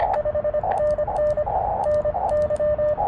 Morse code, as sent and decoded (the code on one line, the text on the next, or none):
..... -. -. / -. -.--
5NN NY